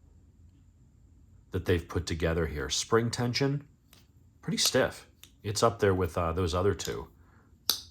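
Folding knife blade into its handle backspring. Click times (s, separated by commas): 7.7 s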